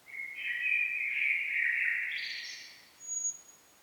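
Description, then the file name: Common blackbird singing a warbled phrase that climbs into scratchy high notes, followed by a brief thin high tone. "Turdus merula"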